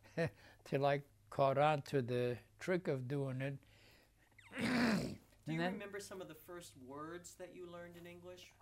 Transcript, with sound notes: Until I caught on to the trick of doing it. [clears throat]
Do you remember some of the first words that you learned in English?